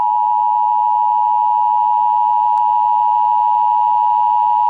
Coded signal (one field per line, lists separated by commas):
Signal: Emergency Alert System (SAME) tones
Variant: 853 and 960 Hz attention tone